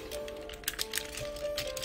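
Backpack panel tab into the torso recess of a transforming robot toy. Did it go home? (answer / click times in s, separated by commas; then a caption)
yes / 0.7 s. The plastic backpack panel of a knockoff FT-44 Thomas transforming robot toy is pushed forward so its square tab engages the square recess in the torso. A sharp click at 0.7 s marks the tab snapping into place, followed by two quieter clicks, over a steady background tone. The backpack is clipped on and seated.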